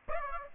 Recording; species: mosquito wingbeat signal from an infrared sensor; Aedes aegypti